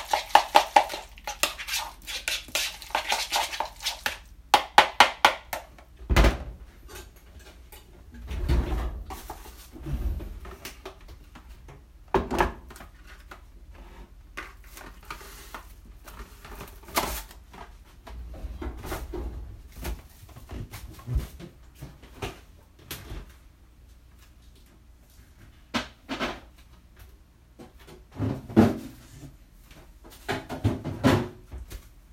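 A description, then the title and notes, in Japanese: Kitchen sounds: a run of sharp clicks and knocks fills the first few seconds, then scattered thuds, clatters and short scraping bursts recur every second or two. Between events there's a low steady hum, with one brief high ringing clink near the middle. キッチンの音。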